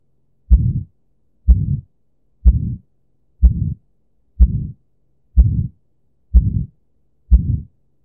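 Simulated heart sounds at about 62 beats a minute, each beat a sharp first sound followed by a low, rumbling systolic murmur that swells and fades before the next beat. This is the murmur of aortic stenosis, a narrowed aortic valve.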